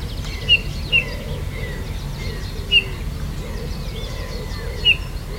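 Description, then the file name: Eurasian bullfinch giving four soft piping calls, the first two close together, then single notes about two seconds apart, with faint background bird chatter. "Pyrrhula pyrrhula"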